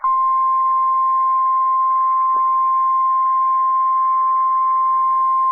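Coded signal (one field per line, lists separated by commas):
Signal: Emergency Alert System (SAME) tones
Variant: 1050 Hz attention tone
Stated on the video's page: Recorded from an online stream of a NOAA Weather Radio station in Melbourne, Florida, carrying Hurricane Sandy alerts.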